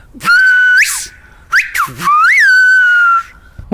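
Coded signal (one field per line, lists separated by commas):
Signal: whistled language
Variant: Silbo Gomero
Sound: a loud human whistle gliding up and down in pitch, several phrases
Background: small room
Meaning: You do your own thing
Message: Vas a tu bola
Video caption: [Rogelio] (In Gomeran whistle) Vas a tu bola. [Elena] Well, this phrase was “vas a tu bola”.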